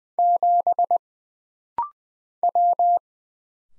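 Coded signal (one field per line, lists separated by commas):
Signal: Morse code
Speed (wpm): 20 wpm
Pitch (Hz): 700 Hz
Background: none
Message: 7 W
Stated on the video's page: Rapid-fire 20wpm Morse drill of single letters and numbers, each character sent twice, for instant character recognition.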